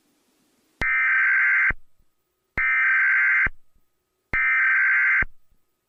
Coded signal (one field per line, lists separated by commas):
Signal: Emergency Alert System (SAME) tones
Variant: header bursts